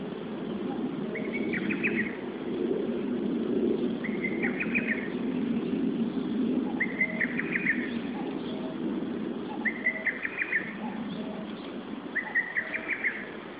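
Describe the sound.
Lesser cuckoo calling: a quick, stuttering phrase of several sharp notes, repeated about every three seconds, over a steady low rumble.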